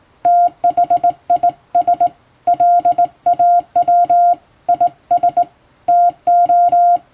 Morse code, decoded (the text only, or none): THIS LAW IS TO